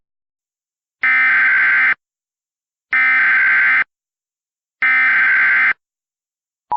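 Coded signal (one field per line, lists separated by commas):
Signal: Emergency Alert System (SAME) tones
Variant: header bursts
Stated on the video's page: Fictional EAS scenario based on the film War of the Worlds, containing valid EAS tones.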